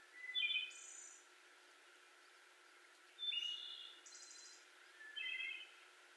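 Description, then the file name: Wood Thrush song, three phrases two to three seconds apart, the first two clear fluted notes then a high, buzzy trill, the last only fluted notes. 18 May 2021. "2021-05-18 Wood Thrush"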